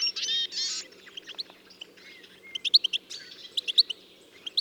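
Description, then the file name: European goldfinch calls: it opens with a buzzy rasping burst, then sharp high chirps and a few short whistles in an irregular sequence. "Carduelis carduelis"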